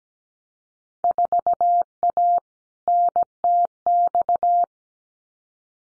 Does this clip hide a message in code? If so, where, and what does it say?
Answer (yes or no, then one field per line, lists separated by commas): yes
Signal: Morse code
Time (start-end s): 1.0-4.6 s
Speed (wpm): 17 wpm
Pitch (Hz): 700 Hz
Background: none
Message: 4A NTX